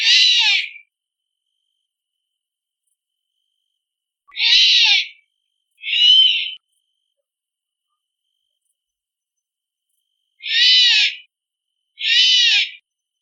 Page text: Great horned owl call from big forest. Animal Sounds - Barren Ring of Fire - Gravatt Camp & Conference Center